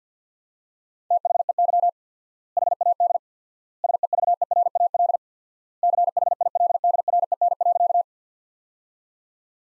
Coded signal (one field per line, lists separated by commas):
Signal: Morse code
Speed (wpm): 50 wpm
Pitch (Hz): 700 Hz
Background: none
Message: THEY HAD SEVERAL CHILDREN.